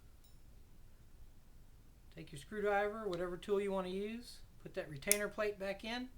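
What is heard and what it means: A metal retaining plate is being put back into the rear of a Canik 55 TP9 pistol slide with a screwdriver after the firing pin assembly is reassembled. The clip is quiet for about two seconds, then someone talks until the end. The plate has not seated or clicked into place yet.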